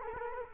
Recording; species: mosquito wingbeat signal from an infrared sensor; Culex quinquefasciatus